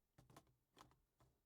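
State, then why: Not seated. A large V-mount battery is slid onto the battery mount plate on the back of an old broadcast tube camera. Short scraping and knocking bursts are heard, with sharper hits near 0.4 and 0.8 seconds. Nothing has seated or clicked into place yet.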